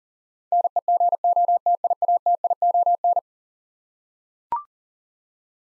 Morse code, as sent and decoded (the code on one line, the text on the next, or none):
-. . --. --- - .. .- - .. --- -.
NEGOTIATION